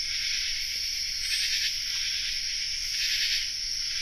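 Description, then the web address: Common true katydid chorus, a dense wall of raspy calls with two louder swells over a steady high hiss. Chorus, North America. "Songs of Insects. Common True Katydid chorus"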